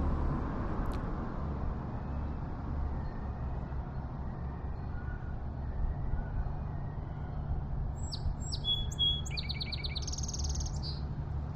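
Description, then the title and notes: Song sparrow song near the end: a few sharp introductory notes, a steady tone, then a rapid trill and buzzy finish, over a constant low rumble. Singing in a yard along Etolin Street on the morning of 15 April 2012, trading songs with another Song Sparrow across the street. "Song Sparrows getting in to it along Etolin Street. trading songs with another one across the street"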